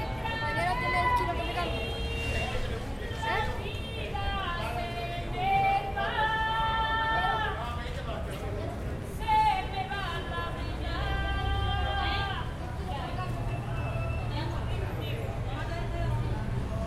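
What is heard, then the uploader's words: A woman sings outside a street café, her voice carrying held, wavering notes that rise and fall over about seventeen seconds. A steady low rumble of traffic and a murmur of chatter run underneath throughout, keeping the scene busy and open-air. Hotel Inglaterra Café - Paseo del Prado - La Habana, Cuba. 'Chanteuse' outside the Café at Hotel Inglaterra in La Habana.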